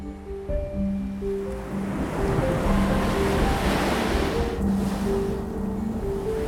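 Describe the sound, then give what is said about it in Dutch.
Stormy Zuiderzee waves crash and churn in a continuous loud roar during a great storm in 1776, as the dikes break and the water floods a peat area, with gusting wind noise mixed in and low sustained tones droning steadily underneath. “De woeste Zuiderzee dringt kolkend het veengebied in en spoelt de dunne legakkers weg.”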